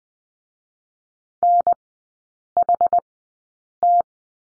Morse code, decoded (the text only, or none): NHT